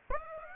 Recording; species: mosquito wingbeat signal from an infrared sensor; Aedes aegypti